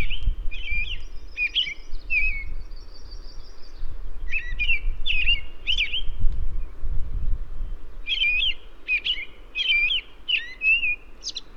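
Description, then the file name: American robin singing short whistled, warbling phrases in three quick groups separated by short pauses, over a steady low rumble. "Turdus migratorius - American Robin"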